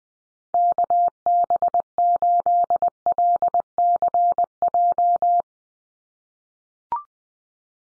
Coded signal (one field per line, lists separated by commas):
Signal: Morse code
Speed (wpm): 20 wpm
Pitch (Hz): 700 Hz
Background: none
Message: KB8LCJ